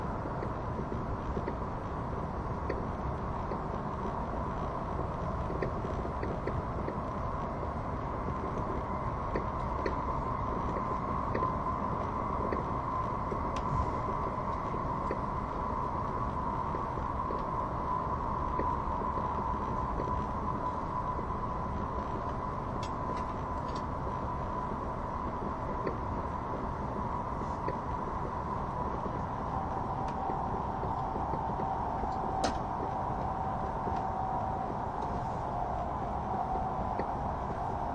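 A train runs along the Gotthard tunnel route with a steady, dense rumble that holds an even level for the whole time. A faint whining tone hovers in the middle, strongest near the start and again past thirty seconds, with occasional light clicks and creaks.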